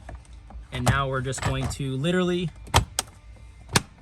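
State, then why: Seated. Someone talks while the aluminum transfer case dial bezel assembly of a 5th Gen 4Runner is dropped into the dash opening and pushed until its clips engage. Sharp clicks sound at 3.0 s and 3.8 s, and the bezel is locked in place in the dashboard panel.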